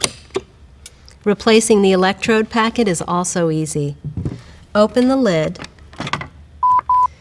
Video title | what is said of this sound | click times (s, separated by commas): lifepakcr.mov | then slide the new one in until it clicks | 0.0 s